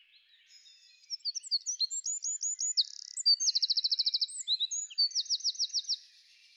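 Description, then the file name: Eurasian wren song, one energetic high-pitched outpouring of quick notes interspersed with two machine-gun trills, about five seconds long. "winterkoning"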